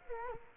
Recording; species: mosquito wingbeat signal from an infrared sensor; Culex quinquefasciatus